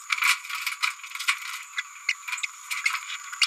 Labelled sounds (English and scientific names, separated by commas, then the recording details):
Green-rumped Parrotlet (Forpus passerinus) babbling
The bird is a male
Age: 28 days
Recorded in a nest box in Venezuela
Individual 17B102A4